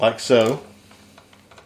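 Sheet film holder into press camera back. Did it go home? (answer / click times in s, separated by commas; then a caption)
no / none. A sheet film holder is slid into the back of a Graflex Speed Graphic press camera. Someone talks briefly, then faint small ticks and taps of handling follow from about 1.2 to 1.7 s. The holder is still being handled and has not yet seated or clicked into place.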